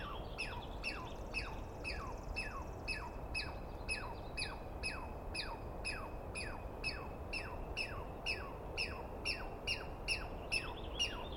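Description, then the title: Douglas pine squirrel giving a long run of harsh, descending scream notes, about two per second, steady and insistent over low rumble. Wild animal, recorded at dawn on the morning of 21 April 2017 in the East Cascades; screaming persistently at the recordist; identification by sound, not clearly seen. "Interview With The Chipmunk"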